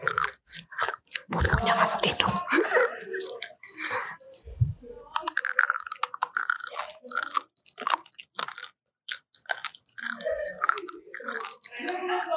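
Dry macaroni snacks being crunched and chewed, with sharp, bright crackling bites coming in quick irregular bursts throughout. Brief pauses separate clusters of crunching, and a short low thump sounds near the middle. A faint voice may slip in between bites.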